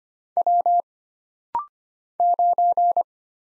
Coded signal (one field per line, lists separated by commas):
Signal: Morse code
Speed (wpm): 25 wpm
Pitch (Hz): 700 Hz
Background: none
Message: W 9